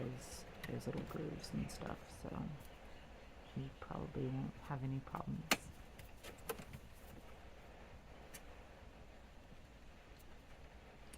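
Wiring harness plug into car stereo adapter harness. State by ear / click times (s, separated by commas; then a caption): not seated / none. A plastic wiring harness plug is handled near the aftermarket head unit's adapter harness during a stereo swap on a 2011 Honda CR-V while someone talks. A few brief sharp ticks and handling noises are heard, but nothing has seated or clicked yet.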